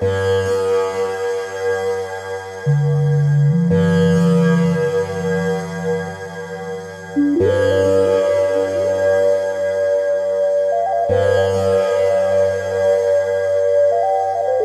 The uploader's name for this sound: Resonating Earth's Heartbeat 432 Hz